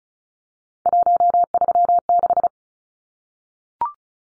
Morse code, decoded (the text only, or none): 136